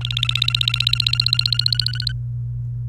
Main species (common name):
Domestic Canary